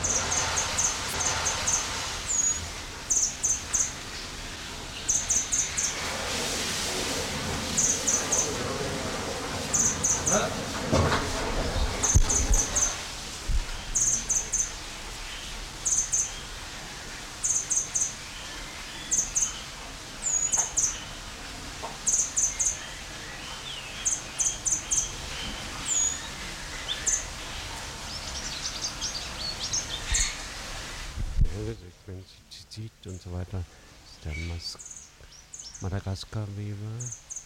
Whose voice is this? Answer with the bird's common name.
Red Fody